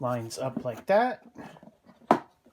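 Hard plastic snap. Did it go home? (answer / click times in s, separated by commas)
yes / 2.1 s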